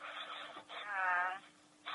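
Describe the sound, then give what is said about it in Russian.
A shepherd dog barks in three loud, drawn-out bursts with a tonal, slightly wailing edge, heard through a thin, telephone-like line with short gaps between them. “Вот сейчас овчарку вы слышите сейчас. Лает, лает, да.”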